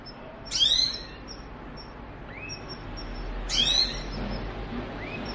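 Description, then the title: Belgian canary producing two abrupt bright bursts three seconds apart, followed by faint curving whistles, with a low continuous hum throughout. Belgian canary song to warm up and stimulate singing; canary mating song. "Canto Para Esquentar Canário Belga. suara kenari kawin"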